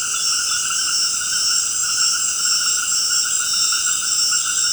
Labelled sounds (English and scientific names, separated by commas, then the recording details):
none
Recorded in dense forest near Puerto Asís, Putumayo, Colombia, on 19 March 2025 at 18:30
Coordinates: 0.481, -76.323
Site G088